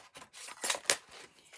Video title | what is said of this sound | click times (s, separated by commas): Easy and Elegant Cards with Stampin’ Up! Joyful Tidings | And you can kind of hear it click in there. I don't know if you heard that click, but it just clicks in there. | 0.9 s